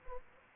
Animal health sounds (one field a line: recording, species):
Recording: mosquito wingbeat signal from an infrared sensor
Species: Culex quinquefasciatus